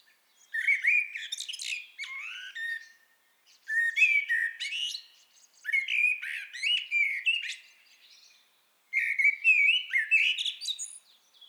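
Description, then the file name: Common blackbird delivering four separate song phrases of mellow fluted warbling mixed with squeaky high notes, with short gaps between. "Turdus merula"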